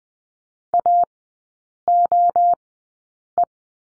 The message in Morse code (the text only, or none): AOE